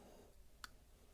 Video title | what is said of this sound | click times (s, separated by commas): Twosun TS55 framelock flipper knife great quality at a budget price | clicks right into place | 0.6 s